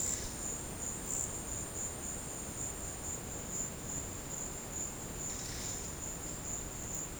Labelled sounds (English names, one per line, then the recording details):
none
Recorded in secondary vegetation near Puerto Asís, Putumayo, Colombia, on 19 March 2025 at 13:30
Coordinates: 0.481, -76.318
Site G097